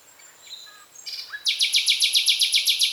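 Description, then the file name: Common nightingale song: faint whistles followed by a loud, fast, steady rattle of repeated harsh notes. "Luscinia megarhynchos"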